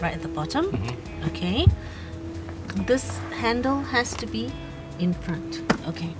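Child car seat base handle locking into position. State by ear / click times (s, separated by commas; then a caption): not seated / none. Someone talks while the handle on an ISOFIX child seat base is moved into the forward position the manufacturer's instructions specify, with music in the background. The handle has not clicked or locked into place yet.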